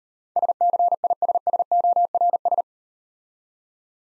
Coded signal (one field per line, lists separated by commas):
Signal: Morse code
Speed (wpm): 38 wpm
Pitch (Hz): 700 Hz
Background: none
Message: SCISSORS